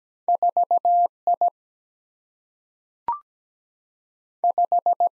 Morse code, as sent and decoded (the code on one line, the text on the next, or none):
....- / .. / .....
4 I 5